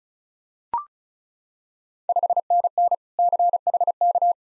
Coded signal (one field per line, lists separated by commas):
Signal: Morse code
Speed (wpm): 36 wpm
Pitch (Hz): 700 Hz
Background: none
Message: 5NN CHK